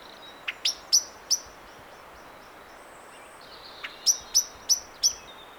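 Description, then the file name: Common blackbird giving sharp, high clicking chinks, four in quick succession, a short pause with a faint whistle, then five more, over a low steady hiss. "Turdus merula"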